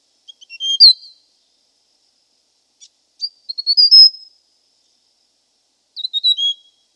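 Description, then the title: Hill prinia giving three short bursts of high chirping notes, about three seconds apart, against an otherwise quiet background. "prenjk gnung. Suara burung prenjak gunung"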